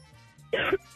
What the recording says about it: It sounds like you had a little cough there, buddy.